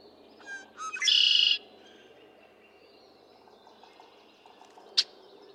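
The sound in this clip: Red-winged blackbird song: a few short introductory notes, then a rough, buzzing trill lasting about half a second, then a lone sharp click.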